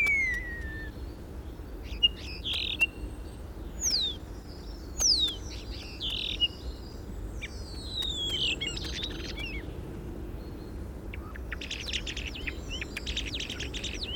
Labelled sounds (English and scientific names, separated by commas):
European Starling (Sturnus vulgaris)